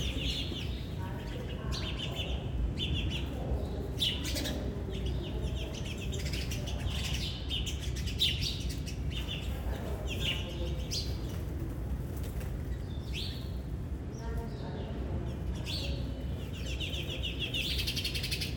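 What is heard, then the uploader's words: Birds chirp and twitter almost without pause at a train station, their bright calls stacked densely throughout. A steady low rumble of the station runs underneath, and faint voices and wing flutters come through now and then. Birds at the train station.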